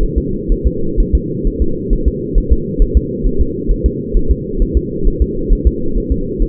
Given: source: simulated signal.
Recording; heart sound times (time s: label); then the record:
fetal heart sounds
0.03 s: S1
0.18 s: S2
0.52 s: S1
0.67 s: S2
1.00 s: S1
1.15 s: S2
1.47 s: S1
1.62 s: S2
1.93 s: S1
2.08 s: S2
2.38 s: S1
2.52 s: S2
2.82 s: S1
2.97 s: S2
3.27 s: S1
3.41 s: S2
3.71 s: S1
3.86 s: S2
4.17 s: S1
4.32 s: S2
4.62 s: S1
4.77 s: S2
5.07 s: S1
5.22 s: S2
5.53 s: S1
5.67 s: S2
5.97 s: S1
6.12 s: S2
6.42 s: S1
From the record:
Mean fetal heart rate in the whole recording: 130 bpm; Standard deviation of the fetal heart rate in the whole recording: 4 bpm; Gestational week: 38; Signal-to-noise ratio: -8.1 dB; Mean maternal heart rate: 72 bpm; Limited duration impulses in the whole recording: absent